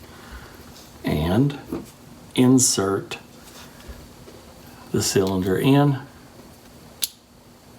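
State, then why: Seated. Someone talks while a rekeyed metal lock cylinder is pushed back into the door or tailgate lock housing of a vintage Scout. A single sharp click at 7.0 s marks its spring-loaded retainer catching, and the cylinder is seated.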